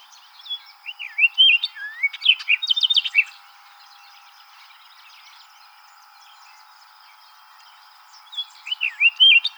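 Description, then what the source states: Orchard oriole song, a rapid run of varied whistled slurs and chattery notes for about three seconds, a quiet pause, then a new phrase starting near the end. Recorded on 7 July 2007.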